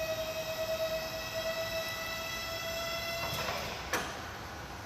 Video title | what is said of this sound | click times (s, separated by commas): Ladders with Kyle, Landon and Mitchell | can see these clicked into place, locking it in position. | 3.9 s